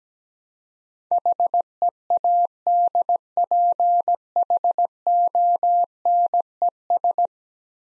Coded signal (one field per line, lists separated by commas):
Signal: Morse code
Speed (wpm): 17 wpm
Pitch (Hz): 700 Hz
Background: none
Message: HEADPHONES